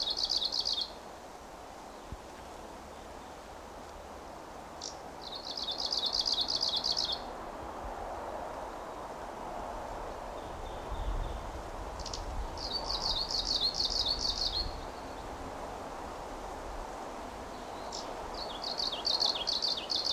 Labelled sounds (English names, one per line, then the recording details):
Arctic Warbler song
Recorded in the wild
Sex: male
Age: adult
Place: Paratunka, Kamtschatka, RU
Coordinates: 53.5667, 158.417
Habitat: birch grove
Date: 1999-06-13 15:15
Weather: cloudy, ca. 20°C, moderate winds
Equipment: Sony WM-D6C, Sennheiser ME 80, K 30 AV Schalter III (1 kHz Hochpass), Kopie Sony TCD-D8
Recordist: Frommolt, Karl-Heinz